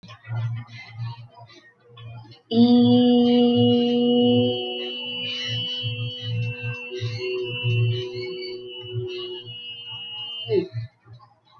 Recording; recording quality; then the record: sustained vowel as in beet; moderate, slight background noise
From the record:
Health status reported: healthy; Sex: female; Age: 24 years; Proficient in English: yes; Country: India